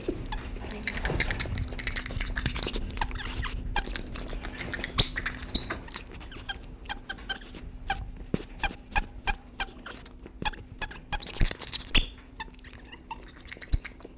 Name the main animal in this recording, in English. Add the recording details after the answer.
South American Coati. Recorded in captivity. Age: adult. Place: Tierpark Berlin, Berlin, DE. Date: 1965-03-06 14:00. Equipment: Telefunken Magnetophon 300, Sennheiser MD 421, Transistorverstärker. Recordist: Tembrock, Günter